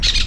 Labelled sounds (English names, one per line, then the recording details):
Brown-throated Parakeet contact call
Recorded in Venezuela
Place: PN Cerro Saroche, Tierras del Sr. Polo, Edo. Lara
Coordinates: 10.171, -69.518